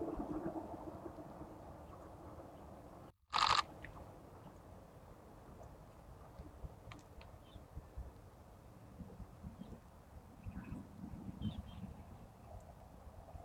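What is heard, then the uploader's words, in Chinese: Birdsong and natural sounds on a river bank: a steady low rumble with faint, scattered chirps and short calls throughout. Just after three seconds the sound cuts out briefly, then a loud, sharp burst lasts about half a second before the quieter outdoor background returns. 沙河北岸鸟鸣记录。多种鸟类的叫声和自然的声音。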